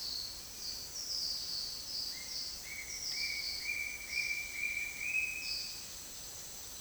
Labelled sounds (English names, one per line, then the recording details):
Glittering-throated Emerald
Bright-rumped Attila
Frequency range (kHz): Glittering-throated Emerald 3.7-7.2 kHz; Bright-rumped Attila 1.5-3.5 kHz
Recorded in secondary vegetation near Puerto Asís, Putumayo, Colombia, on 19 February 2024 at 08:30
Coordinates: 0.481, -76.323
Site G6376